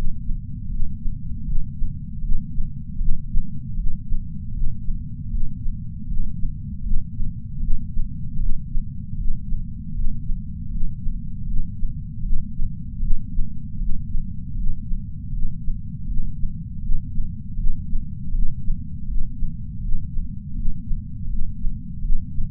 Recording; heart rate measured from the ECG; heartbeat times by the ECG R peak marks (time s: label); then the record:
heart sounds by patch sensor on the chest; 79 bpm
0.69 s: heartbeat
1.45 s: heartbeat
2.21 s: heartbeat
2.98 s: heartbeat
3.76 s: heartbeat
4.52 s: heartbeat
5.30 s: heartbeat
6.06 s: heartbeat
6.83 s: heartbeat
7.60 s: heartbeat
8.38 s: heartbeat
9.16 s: heartbeat
9.93 s: heartbeat
10.70 s: heartbeat
11.46 s: heartbeat
12.22 s: heartbeat
13.00 s: heartbeat
13.78 s: heartbeat
14.55 s: heartbeat
15.31 s: heartbeat
16.06 s: heartbeat
16.81 s: heartbeat
17.56 s: heartbeat
18.31 s: heartbeat
19.06 s: heartbeat
19.81 s: heartbeat
20.54 s: heartbeat
21.28 s: heartbeat
22.01 s: heartbeat
From the record:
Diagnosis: coronary artery disease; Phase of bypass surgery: intraoperative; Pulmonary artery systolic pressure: 26 mmHg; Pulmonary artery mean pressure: 18 mmHg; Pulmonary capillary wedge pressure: 8 mmHg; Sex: female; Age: 52 years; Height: 163 cm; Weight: 80 kg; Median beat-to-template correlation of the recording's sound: 0.89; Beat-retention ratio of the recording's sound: 0.99